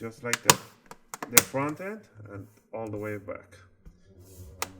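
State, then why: Seated. Someone talks while pressing the plastic bottom cover of an HP Envy x360 15m laptop down along its length from the front to the back, snapping its clips into the top case. A sharp click is heard at 4.6 s as a clip at the rear snaps in, and the cover is seated.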